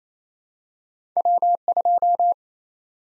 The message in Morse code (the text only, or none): W2